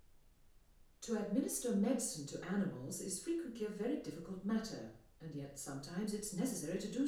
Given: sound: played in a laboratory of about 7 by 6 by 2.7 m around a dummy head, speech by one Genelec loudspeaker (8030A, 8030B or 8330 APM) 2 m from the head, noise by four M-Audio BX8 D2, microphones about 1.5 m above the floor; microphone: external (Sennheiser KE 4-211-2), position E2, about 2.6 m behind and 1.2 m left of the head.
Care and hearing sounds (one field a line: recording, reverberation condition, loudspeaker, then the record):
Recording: female speech in English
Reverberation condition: medium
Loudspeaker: 30 degrees to the right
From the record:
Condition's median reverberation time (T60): about 510 ms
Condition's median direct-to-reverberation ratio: about -0.5 dB